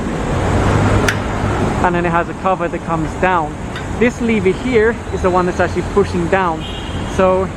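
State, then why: Seated. A plastic bottle of sanitizing gel is set into the bottle holder of a foot pedal alcohol dispenser, where a notch in the bottle lets it lock in place. A single sharp click is heard at 1.1 seconds over steady background noise as the bottle seats. Someone then talks for the rest of the clip.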